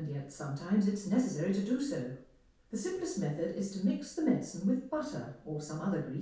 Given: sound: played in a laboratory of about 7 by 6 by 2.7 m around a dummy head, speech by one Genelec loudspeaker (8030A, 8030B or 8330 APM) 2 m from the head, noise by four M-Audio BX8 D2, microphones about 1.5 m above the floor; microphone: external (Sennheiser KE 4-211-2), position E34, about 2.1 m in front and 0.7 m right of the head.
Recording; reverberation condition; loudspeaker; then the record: female speech in English; medium; 90 degrees to the right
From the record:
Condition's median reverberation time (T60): about 510 ms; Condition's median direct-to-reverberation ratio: about -0.5 dB